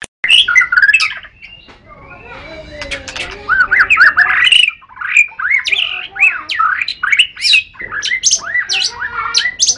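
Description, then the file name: White-rumped shama song mixing rich warbled phrases, upslurred whistles and harsh squawky notes, delivered in rapid bursts with short breaks between them. Song, Lhokseumawe. "kicau murai batu matrix pawang bc lhokseumawe"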